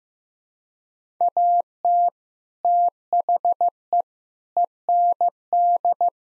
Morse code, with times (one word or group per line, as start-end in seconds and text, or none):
1.2-2.1 AT
2.6-4.0 THE
4.6-6.1 END